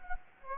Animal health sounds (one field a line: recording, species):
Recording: mosquito wingbeat signal from an infrared sensor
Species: Anopheles gambiae